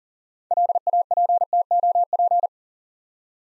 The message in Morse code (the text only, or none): LAPTOP